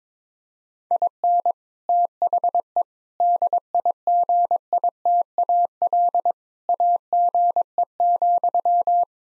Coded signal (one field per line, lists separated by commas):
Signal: Morse code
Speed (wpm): 22 wpm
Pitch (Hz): 700 Hz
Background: none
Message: IN THE DIGITAL AGE,